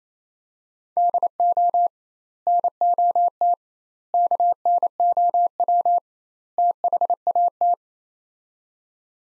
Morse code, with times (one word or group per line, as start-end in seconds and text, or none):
1.0-1.9 DO
2.5-3.5 NOT
4.1-6.0 KNOW
6.6-7.7 THAT